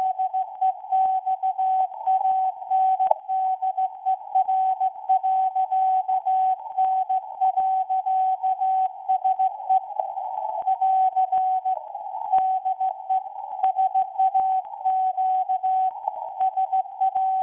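A Morse code transmission: a steady mid-pitched tone keyed on and off in rapid, fairly regular dots and dashes that run throughout. Faint hiss and static crackle sit beneath the beeps, with brief clicks at some of the breaks.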